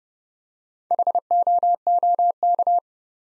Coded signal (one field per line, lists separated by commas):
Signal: Morse code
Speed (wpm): 29 wpm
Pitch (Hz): 700 Hz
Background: none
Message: HOOK